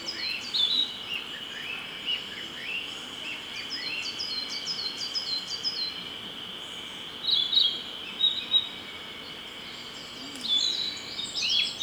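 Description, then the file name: Narcissus flycatcher song: short bursts of high, quick chirping phrases, repeated several times over a steady high drone and soft background noise. "rodolphe alexis - narcissus flycatcher"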